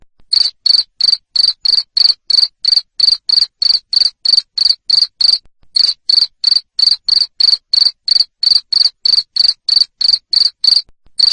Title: Suara JANGKRIK NGERIK Keras Bikin LOVEBIRD Jadi NGEKEK Terus